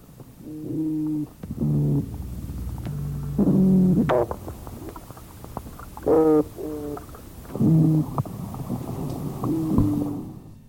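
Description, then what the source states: Oyster toadfish calls: six low, humming boat-whistle calls, each lasting about half a second to a second, against a low rumble. Chorus of several males singing to attract females, each trying to make a better sound than the next.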